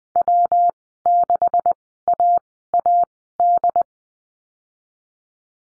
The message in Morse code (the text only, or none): W6AAD